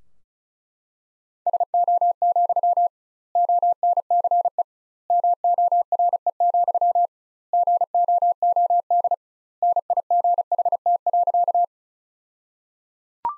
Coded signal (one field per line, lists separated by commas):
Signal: Morse code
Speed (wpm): 34 wpm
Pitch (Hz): 700 Hz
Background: none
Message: SO, ONCE MORE, GOOD NIGHT.